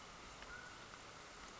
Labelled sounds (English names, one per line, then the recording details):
Mountain Quail
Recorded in Sonoma County, California